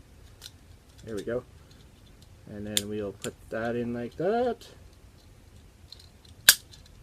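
A plastic arm part of a robot toy is pushed into the toy body while it is being transformed into its car mode, as someone talks. A few faint ticks lead up to one loud, sharp click at 6.5 s, and the part seats in place.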